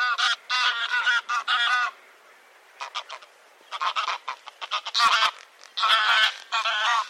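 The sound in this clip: Bird calls, nasal honking notes delivered in quick clusters separated by short gaps.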